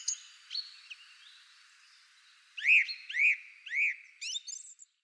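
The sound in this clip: Bird calls: soft scattered notes, then three loud arching whistles about half a second apart, ending with a quick twitter.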